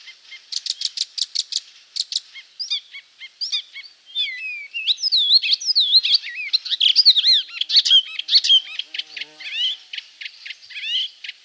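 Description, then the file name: Icterine warbler singing a long jumbled phrase: rapid repeated ticking notes, then looping whistled slides and scratchy buzzes, ending in dry repeated chatter. "Hippolais icterina"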